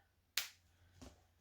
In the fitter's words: I just stick a cap on you can hear it click